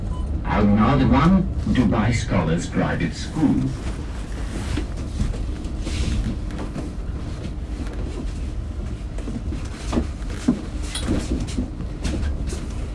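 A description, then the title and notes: Voices talk over a steady low rumble during a metro ride, the speech strongest in the first four seconds and fading after. The deep vehicle drone continues throughout, with a few brief clicks and knocks near ten and eleven seconds. Al Nadha to Al Ghurair center walking,Bus ride,Metro ride experience.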